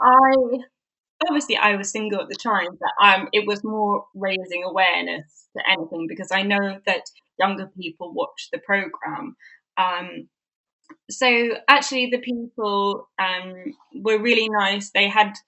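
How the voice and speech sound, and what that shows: A woman speaks in short bursts broken by long pauses, drawn-out words and repeated 'um' fillers, with some awkward, ungrammatical phrasing. This fits mild, recovered Broca's (expressive) aphasia after a stroke at age 18: she knows the words but finds it hard to get them out. Years of speech therapy have improved her speech, and some days are worse than others.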